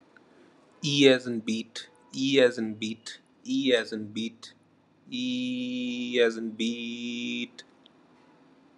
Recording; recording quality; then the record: sustained vowel as in beet; poor, much background noise or distortion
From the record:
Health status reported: COVID-19 positive, mild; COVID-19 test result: positive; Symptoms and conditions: muscle pain, loss of smell and taste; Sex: male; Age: 34 years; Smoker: not ticked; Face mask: not worn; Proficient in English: yes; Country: India